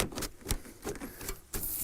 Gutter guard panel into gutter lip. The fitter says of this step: just like the one previous it locks in place right here at the back